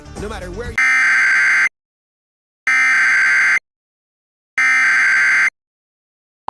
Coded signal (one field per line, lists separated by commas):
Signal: Emergency Alert System (SAME) tones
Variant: header bursts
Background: speech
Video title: EAS Scenario: Back to School Chaos